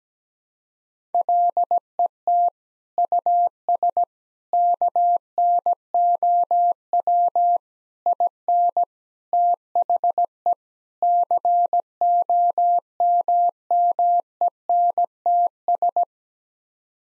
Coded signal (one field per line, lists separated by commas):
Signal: Morse code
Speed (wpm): 17 wpm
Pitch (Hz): 700 Hz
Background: none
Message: LET US KNOW IN THE COMMENTS